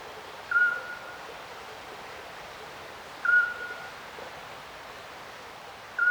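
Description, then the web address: Little owl repeating a clear, short whistle every few seconds over continuous soft rushing noise. Recorded by a river at night, the owl distant. "Ivo Vicic - Natural ambiences vol 1. Little owl river night distant"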